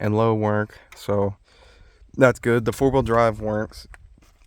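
Someone talks while working on a used Grizzly 600 ATV, checking the four-wheel drive that engages the coupling in its front drivetrain. Only speech is heard, with a faint, brief sound near 4.2 seconds. The clip ends just before the coupling pops in, so nothing has seated or clicked yet.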